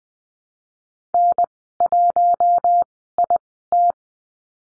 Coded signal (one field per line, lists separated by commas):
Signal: Morse code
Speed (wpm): 20 wpm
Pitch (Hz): 700 Hz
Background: none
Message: N1IT